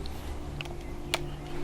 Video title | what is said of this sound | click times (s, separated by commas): Dwarf II Smart Telescope - Full Review | all right so that's clicked in place | 1.1 s